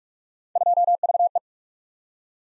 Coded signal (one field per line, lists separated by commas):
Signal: Morse code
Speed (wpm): 44 wpm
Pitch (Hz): 700 Hz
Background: none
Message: 2VE